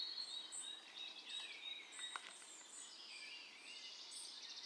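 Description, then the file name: European robin song: thin, high whistled notes and sliding trills, some long held tones. "Erithacus rubecula"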